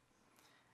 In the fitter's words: it's very obvious where it goes and it just pops right in there again